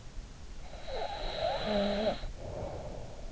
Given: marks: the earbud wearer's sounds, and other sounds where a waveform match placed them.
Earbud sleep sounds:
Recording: sounds in sleep by an in-ear microphone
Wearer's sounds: snoring breath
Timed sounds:
0.79-3.24 s: snoring breath

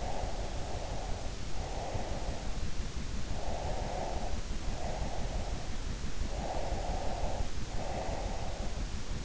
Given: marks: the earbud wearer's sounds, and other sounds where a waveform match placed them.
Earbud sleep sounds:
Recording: sounds in sleep by an in-ear microphone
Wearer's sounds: breath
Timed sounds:
0.00-2.36 s: breath
3.44-5.90 s: breath
6.43-8.92 s: breath

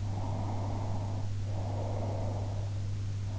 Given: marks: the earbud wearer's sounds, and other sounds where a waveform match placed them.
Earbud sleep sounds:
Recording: sounds in sleep by an in-ear microphone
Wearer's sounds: breath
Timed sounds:
0.00-3.00 s: breath

